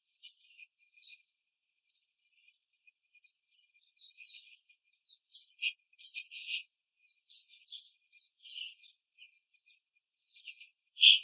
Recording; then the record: young laying hens in a cage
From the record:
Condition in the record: control cage, before the stress test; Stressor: none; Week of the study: 4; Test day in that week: 1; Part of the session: 4